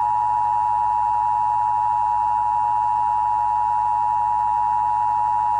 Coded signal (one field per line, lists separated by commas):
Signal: Emergency Alert System (SAME) tones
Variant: 853 and 960 Hz attention tone